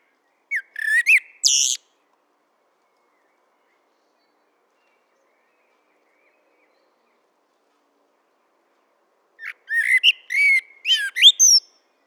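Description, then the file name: Common blackbird singing two separate bursts: a short warbled phrase, then after a long silence a richer phrase of fluty notes and high twitters. "Turdus merula"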